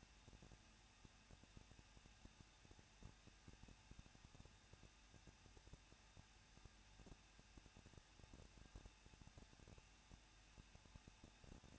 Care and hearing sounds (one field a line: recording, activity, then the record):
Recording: daily activity, microphone in the room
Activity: no activity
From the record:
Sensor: 2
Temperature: 21.0 degrees Celsius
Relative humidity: 37.3%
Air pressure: 1006.2 hPa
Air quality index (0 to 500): 222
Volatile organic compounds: 24 ppm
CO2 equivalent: 2806 ppm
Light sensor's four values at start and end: 2/3/2/2 and 2/3/2/2